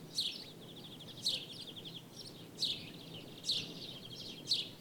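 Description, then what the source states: Birds calling with five sharp high chirps about a second apart, with rattling buzzy trills between. Birds in daytime ambience in Jerez, Spain.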